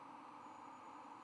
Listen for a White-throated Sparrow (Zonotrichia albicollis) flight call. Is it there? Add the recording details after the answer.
no. No flight call is heard. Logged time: 22:46 on 23 November 2014